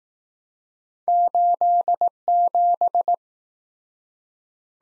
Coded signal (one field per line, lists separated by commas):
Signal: Morse code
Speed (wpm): 19 wpm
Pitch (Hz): 700 Hz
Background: none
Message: 87